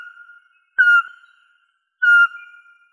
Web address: Glaucidium passerinum